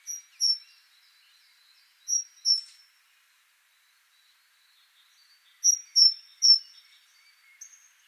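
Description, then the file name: Great tit calling with two pairs of high clear whistles, then a run of three. "Parus major"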